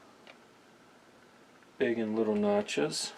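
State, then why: Not seated. The main blade of a Kylo Ren Deluxe Lightsaber from the Disney Star Wars Shop is being lined up with the hilt by its big and little notches before insertion. Faint handling ticks are heard at about 0.3 s and 1.6 s, then someone talks from about 1.8 s. The blade has not seated or clicked in yet.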